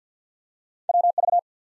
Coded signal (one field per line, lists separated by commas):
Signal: Morse code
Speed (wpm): 50 wpm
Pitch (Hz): 700 Hz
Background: none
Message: WV